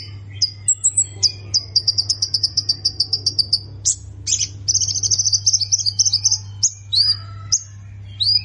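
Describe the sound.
Plain prinia song: high thin whistled notes, then a long fast trill of repeated ticks, another rapid buzzy run and scattered chirps, over a steady low hum.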